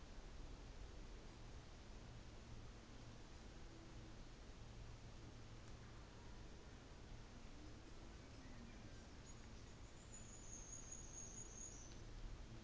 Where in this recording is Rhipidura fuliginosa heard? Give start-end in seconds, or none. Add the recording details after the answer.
9.17-12.16. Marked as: faintness 2/5. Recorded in New Zealand on 24 December 2018. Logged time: 14:05